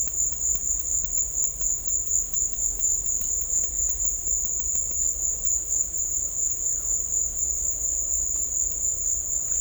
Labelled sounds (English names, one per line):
none